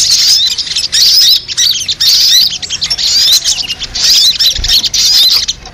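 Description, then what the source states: Crimson Sunbird song: high-pitched squeaky twitters and buzzy chips in rapid bursts, separated by brief gaps. Masteran, a training recording for songbirds; labaik style.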